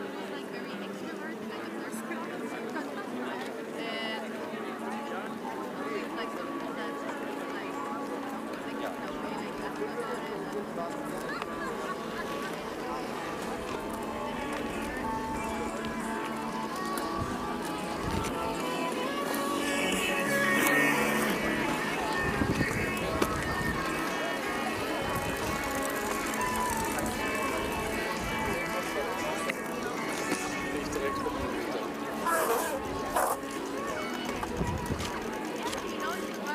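Hundreds of people go about their activities on the Tempelhofer Freiheit in Berlin, a steady wash of overlapping voices and chatter. Low rumbling swells through the middle, peaking around twenty seconds, with brief sharp knocks and clicks near twenty and thirty-three seconds.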